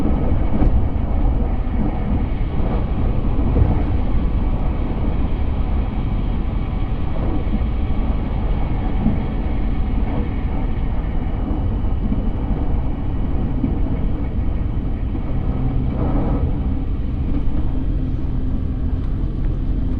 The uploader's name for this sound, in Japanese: 鉄道旅 佐賀→博多→中洲川端→呉服町